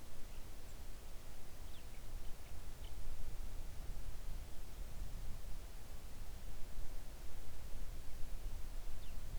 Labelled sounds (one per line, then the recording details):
songbird
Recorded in the Arctic National Wildlife Refuge, Alaska, on 3 August 2019 at 05:35
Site 41